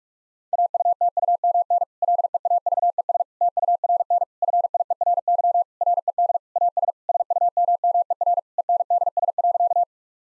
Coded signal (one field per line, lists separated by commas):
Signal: Morse code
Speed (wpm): 42 wpm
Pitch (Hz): 700 Hz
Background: none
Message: AUTUMN LEAVES TURN FIERY RED AS SUMMER ENDS.